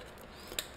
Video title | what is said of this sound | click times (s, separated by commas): 1UP Launch Pad by Ungodly Design | again, there's a little bit of wobble there, so kind of just wobble it until the insert goes all the way in. You kind of hear a nice little click. | 0.6 s